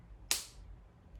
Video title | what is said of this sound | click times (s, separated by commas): Cutting skills-Lesson 2-Long straight lines and curve lines | make sure to cap that marker listen for the click | 0.3 s